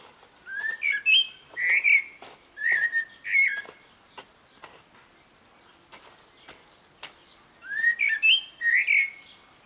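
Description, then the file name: Eurasian blackbird song of several short fluting phrases in the first four seconds; after quiet ticking, another phrase near eight seconds. "Turdus merula"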